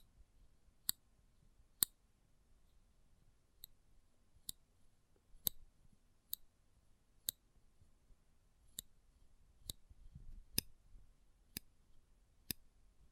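Close up metallic sounds: sharp, bright clicks strike one at a time, about every second, thirteen in all, some louder than others. Between them a faint low rumble and soft shuffling fill the gaps, swelling briefly near the ten-second mark.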